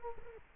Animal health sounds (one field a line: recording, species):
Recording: mosquito wingbeat signal from an infrared sensor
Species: Culex quinquefasciatus